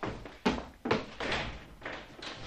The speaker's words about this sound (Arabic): من الذي يطرق الباب هكذا؟ انتظر يا من تطرق الباب.